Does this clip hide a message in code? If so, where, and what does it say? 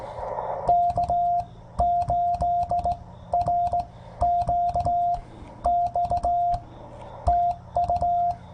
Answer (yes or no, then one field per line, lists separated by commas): yes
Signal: Morse code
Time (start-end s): 0.7-8.3 s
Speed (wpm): 18 wpm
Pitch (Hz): 700 Hz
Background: none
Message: K8RQX TU